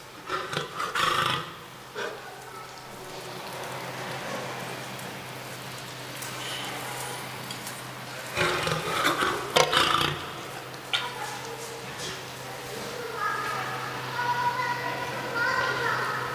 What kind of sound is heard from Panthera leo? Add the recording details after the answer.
call. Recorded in captivity. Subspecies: persica. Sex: group. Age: diverse. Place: Tierpark Berlin, Berlin, DE. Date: 1983-12-24 11:15. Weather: sunny, 1-3°C, no wind. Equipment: Nagra SN, Sennheiser MKH 416 T, Kopie Uher 4000 Report Monitor. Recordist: Tembrock, Günter